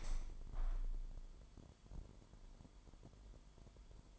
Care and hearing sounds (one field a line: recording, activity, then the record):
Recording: daily activity, microphone in the room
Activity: open window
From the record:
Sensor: 5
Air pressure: 998.6 hPa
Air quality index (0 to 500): 103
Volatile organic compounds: 2 ppm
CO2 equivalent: 1192 ppm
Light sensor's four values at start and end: 39/97/40/45 and 39/97/40/45